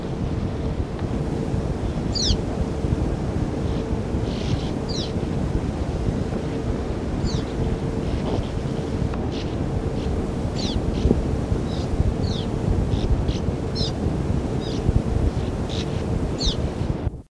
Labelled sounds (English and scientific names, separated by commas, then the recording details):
Sand Martin (Riparia riparia) call
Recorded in the wild
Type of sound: call
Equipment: Halbspur, 9,5 cm/s
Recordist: Lütgens, Hans
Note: Flügge Junge, Rufe, Kolonie "Lindenburg" (?)